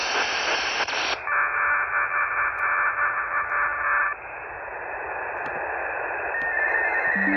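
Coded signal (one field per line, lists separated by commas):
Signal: POCSAG pager data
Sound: static hiss, then about three seconds of harsh buzzing data warble, then hiss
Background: radio static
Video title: 27.550 MHz FM Paging Signals Data Links Pager Transmissions POCSAG RX: G8JNJ SDR 14 June 2024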